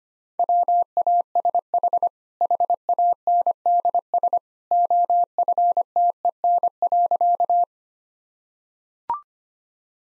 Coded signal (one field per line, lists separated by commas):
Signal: Morse code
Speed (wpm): 25 wpm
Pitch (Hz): 700 Hz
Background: none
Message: WASH HANDS OFTEN.